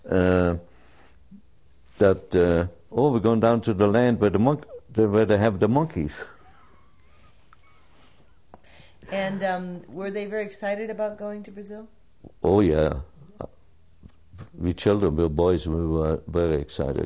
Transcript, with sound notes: Uh, that uh - "Oh, where we're going down to the land where the monk - where they have the monkeys!" (Laughs)
And, um, were they very excited about going to Brazil?
Oh yeah. We children - we boys, we were very excited.